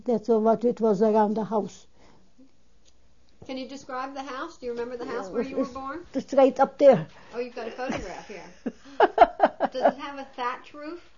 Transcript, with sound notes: That's what it was around the house.
Can you describe the house? Do you remember the house where you were born?
It's right up there. (She laughs.)
Oh, you've got a photograph here. Does it have a thatched roof?